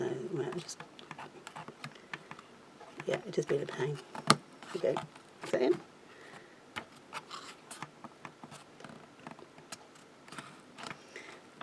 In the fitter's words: yeah i was waiting for the click and it didn't happen so